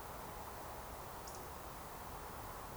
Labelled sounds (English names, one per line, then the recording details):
Eurasian Woodcock whistle
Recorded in Baden-Württemberg, Germany, on 14 June 2020 at 20:15 UTC
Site 43791, 788 m above sea level